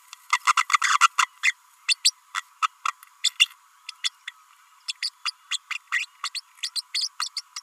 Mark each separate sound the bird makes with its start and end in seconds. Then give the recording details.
0.57-0.66, 0.71-0.79, 0.81-0.99, 1.00-1.09, 1.18-1.27, 1.43-1.54, 1.88-1.95, 2.04-2.12, 2.35-2.42, 2.62-2.68, 4.04-4.09, 4.27-4.31, 4.88-4.92, 5.02-5.09, 5.25-5.31, 5.51-5.58, 5.70-5.77, 5.92-6.05, 6.23-6.29, 6.34-6.40, 6.75-6.81, 6.94-7.08, 7.19-7.29, 7.36-7.41, 7.56-7.61. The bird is a female. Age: 32 days. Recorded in a nest box in Venezuela. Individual 17B32A5